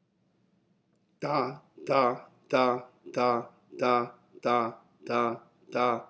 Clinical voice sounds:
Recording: repeated syllable /ta/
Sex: male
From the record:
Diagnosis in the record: healthy control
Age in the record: 60 years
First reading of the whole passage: 60 s, 8.3 characters per second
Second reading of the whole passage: 54 s, 9.4 characters per second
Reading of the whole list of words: 38 s, 7.2 characters per second

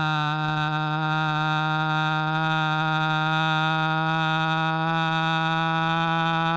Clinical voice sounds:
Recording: sustained vowel /a/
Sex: male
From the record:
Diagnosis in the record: Parkinson's disease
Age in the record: 75 years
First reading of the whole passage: 62 s, 8.3 characters per second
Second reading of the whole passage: 57 s, 9.2 characters per second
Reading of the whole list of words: 53 s, 5.3 characters per second

